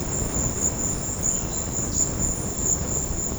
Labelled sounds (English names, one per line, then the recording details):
none
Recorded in secondary vegetation near Puerto Asís, Putumayo, Colombia, on 19 March 2025 at 15:30
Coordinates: 0.484, -76.319
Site G010